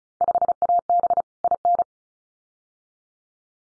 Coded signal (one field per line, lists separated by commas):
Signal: Morse code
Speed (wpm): 36 wpm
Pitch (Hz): 700 Hz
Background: none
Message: 5AB IN